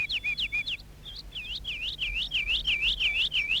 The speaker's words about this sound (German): Was ist denn nur mit diesen Vögeln los? So viele. Die Abendkühle macht sie verrückt vor Freude.